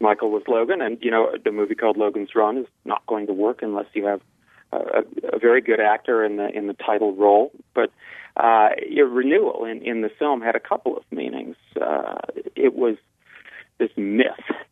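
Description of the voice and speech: An adult man speaks fluently about the film Logan's Run in an ordinary voice, heard over a thin, phone-like line.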